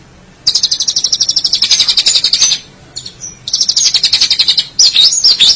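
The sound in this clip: Long-tailed shrike chattering song: a rapid run of high, harsh notes, a short pause, then more chatter ending in a few looping whistled slurs.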